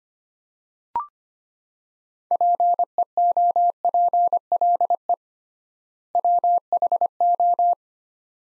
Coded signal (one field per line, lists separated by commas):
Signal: Morse code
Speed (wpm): 25 wpm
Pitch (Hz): 700 Hz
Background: none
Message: PEOPLE WHO